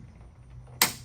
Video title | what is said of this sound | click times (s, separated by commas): Avaar GO ANYWHERE Utility Cart - It’s best to have two of them his & hers. | When you're unlocking the sides, you'll know when you lock them back, because they'll hear a nice firm snap. | 0.8 s